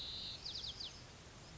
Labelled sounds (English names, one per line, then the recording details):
White-crowned Sparrow
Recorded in Sonoma County, California